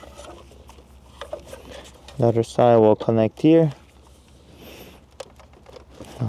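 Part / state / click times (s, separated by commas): interface harness plug into car radio wiring connector / seated / 5.2 s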